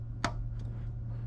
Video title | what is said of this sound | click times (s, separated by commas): 14-20 Lexus GX460 GPS Gracenote Navigation Radio Board Software REPAIR SERVICE | Hear that click? That's what you want to hear. | 0.2 s